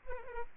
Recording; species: mosquito wingbeat signal from an infrared sensor; Culex pipiens